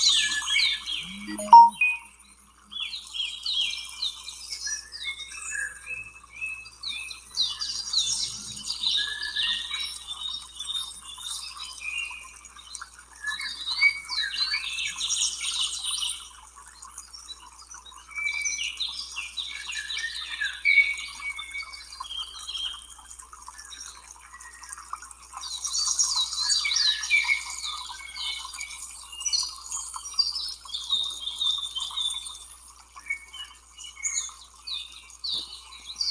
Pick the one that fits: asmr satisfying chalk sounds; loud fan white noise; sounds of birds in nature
sounds of birds in nature